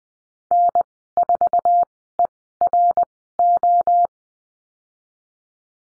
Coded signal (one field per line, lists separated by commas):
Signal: Morse code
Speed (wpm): 20 wpm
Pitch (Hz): 700 Hz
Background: none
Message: N4ERO